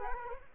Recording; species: mosquito wingbeat signal from an infrared sensor; Culex quinquefasciatus